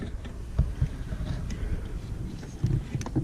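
A new H7 halogen headlight bulb, tab at the bottom, is handled and pushed toward the headlight housing of a Peugeot 2008 as part of a bulb replacement. Low rumbling handling noise and soft knocks run throughout, with two brief sharp ticks near 3.0 and 3.1 s. The bulb has not clicked home or seated yet.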